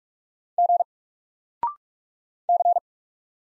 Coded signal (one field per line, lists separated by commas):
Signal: Morse code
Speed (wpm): 44 wpm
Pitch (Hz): 700 Hz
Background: none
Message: G C